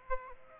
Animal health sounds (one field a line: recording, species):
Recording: mosquito wingbeat signal from an infrared sensor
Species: Aedes aegypti